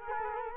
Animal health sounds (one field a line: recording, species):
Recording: mosquito wingbeat signal from an infrared sensor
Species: Culex quinquefasciatus